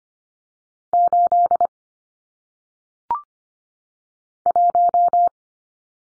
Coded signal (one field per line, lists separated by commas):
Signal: Morse code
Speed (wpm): 25 wpm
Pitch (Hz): 700 Hz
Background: none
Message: 8 1